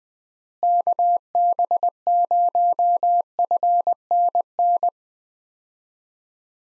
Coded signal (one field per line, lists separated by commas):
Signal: Morse code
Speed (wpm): 20 wpm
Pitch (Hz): 700 Hz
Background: none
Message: KB0FNN